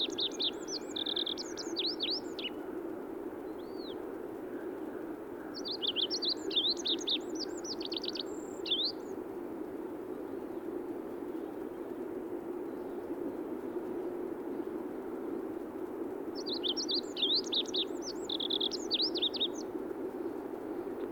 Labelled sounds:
Olive-backed Pipit song

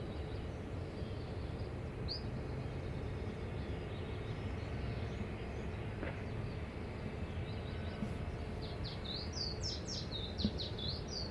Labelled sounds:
Willow Warbler

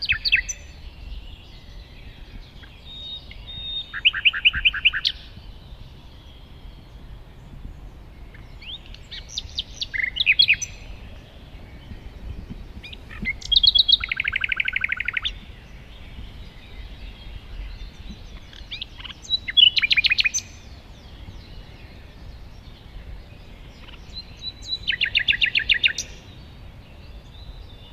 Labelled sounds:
Common Nightingale song

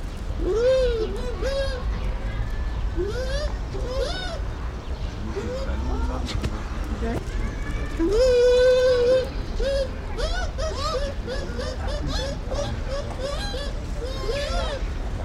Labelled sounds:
Bush Dog

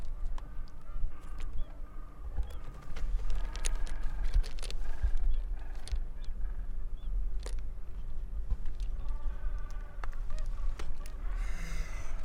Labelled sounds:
Gentoo Penguin call

